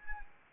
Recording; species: mosquito wingbeat signal from an infrared sensor; Anopheles arabiensis